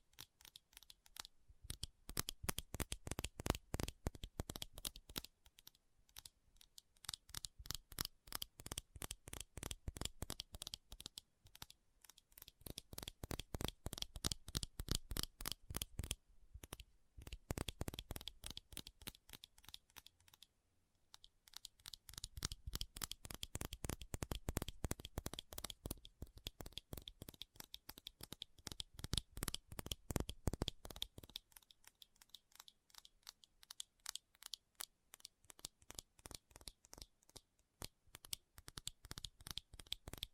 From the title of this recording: ASMR Fast Tapping